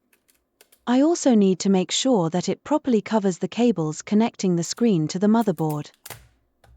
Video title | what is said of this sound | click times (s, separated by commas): Framework Laptop 13 meets Meteor Lake - unboxing, assembly, performance and impressions | and needs a few gentle pushes to snap in place | 0.1 s, 0.3 s, 0.6 s, 0.7 s